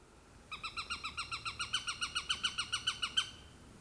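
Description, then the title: Eurasian sparrowhawk call: a quick, regular run of many chattering kek notes lasting about three seconds, rising a little in loudness toward the end. "Varpushaukka"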